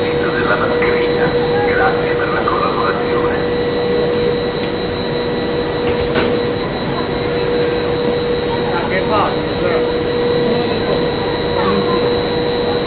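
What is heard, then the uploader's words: Railroad ambience: a steady, heavy rumble runs throughout with a constant hum and a high, thin whine holding at fixed pitches. Faint murmuring voices drift in and out, and a few sharp clicks or knocks land around the middle. Railroad Ambiance.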